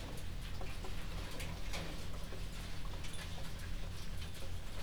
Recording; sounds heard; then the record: poultry house recording; no chicken sound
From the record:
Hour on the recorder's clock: 1